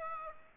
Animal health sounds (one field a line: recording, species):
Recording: mosquito wingbeat signal from an infrared sensor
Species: Aedes aegypti